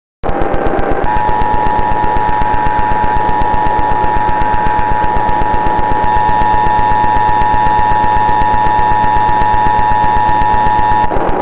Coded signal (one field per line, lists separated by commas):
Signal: Emergency Alert System (SAME) tones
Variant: 853 and 960 Hz attention tone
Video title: EAS SCENARIO•Blood Cats V:A FALLEN NATION